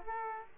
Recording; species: mosquito wingbeat signal from an infrared sensor; Aedes aegypti